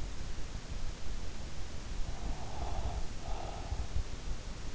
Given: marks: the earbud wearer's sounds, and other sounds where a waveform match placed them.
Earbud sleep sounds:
sounds in sleep by an in-ear microphone; breath
2.12-4.10 s: breath

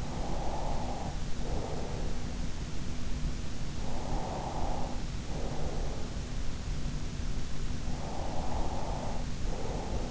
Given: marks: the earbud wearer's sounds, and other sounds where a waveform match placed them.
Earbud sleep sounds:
sounds in sleep by an in-ear microphone; breath
0.00-2.22 s: breath
4.03-6.21 s: breath
8.12-10.11 s: breath

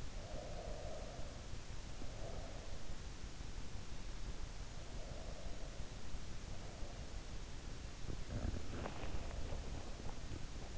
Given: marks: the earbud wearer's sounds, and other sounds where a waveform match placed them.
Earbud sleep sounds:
sounds in sleep by an in-ear microphone; breath, body movement
0.00-2.86 s: breath
7.99-10.78 s: body movement

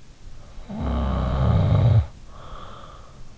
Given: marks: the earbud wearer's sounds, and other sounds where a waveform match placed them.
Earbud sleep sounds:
sounds in sleep by an in-ear microphone; snoring breath
0.35-3.15 s: snoring breath

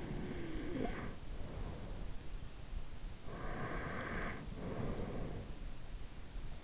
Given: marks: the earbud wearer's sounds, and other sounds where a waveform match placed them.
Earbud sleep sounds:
sounds in sleep by an in-ear microphone; breath
0.00-2.05 s: breath
3.42-5.91 s: breath

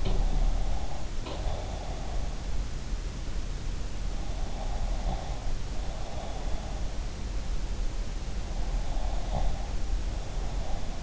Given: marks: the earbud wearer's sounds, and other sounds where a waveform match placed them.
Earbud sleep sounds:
sounds in sleep by an in-ear microphone; breath
0.00-2.27 s: breath
4.58-6.59 s: breath
8.89-11.03 s: breath

